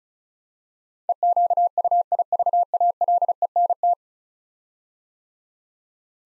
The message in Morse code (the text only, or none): EQUIVALENT